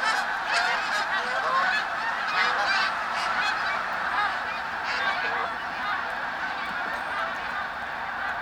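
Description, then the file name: Snow goose: many snow geese honking together in a broad, steady roar of calls. Flock of snow geese taking off. "Sherk Scott Snow Geese take-off"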